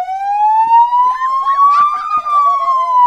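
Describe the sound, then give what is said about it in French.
A loud police car siren wails in one long, slow sweep, its piercing tone rising gradually and then easing back down, with fainter warbling sounds underneath. “Quand on met la sirène et qu'on est à l'intérieur, c'est toujours mieux d'être à l'intérieur et de fermer les fenêtres.”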